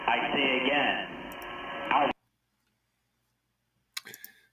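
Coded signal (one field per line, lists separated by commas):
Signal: coded military voice message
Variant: Emergency Action Message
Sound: two seconds of muffled voice in radio hiss, silence, then a short noise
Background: radio static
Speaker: I say again so that was an emergency action message that's a nuclear attack option they're broadcasted by the Pentagon on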